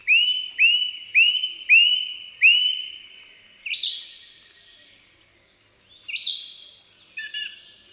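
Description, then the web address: Song thrush song: five repeated clear whistled notes, then a rapid buzzy twittering phrase, given twice with a short pause between. "Przyroda Ptaki Spiewak"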